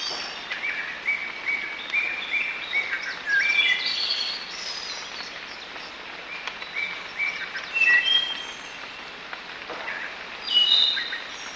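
Bird calls: many thin, high chirps and short whistled twitters over a steady background hiss.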